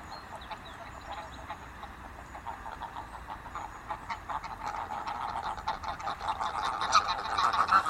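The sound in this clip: Egyptian goose calling: rapid harsh honking notes growing gradually louder toward the end, over steady background noise.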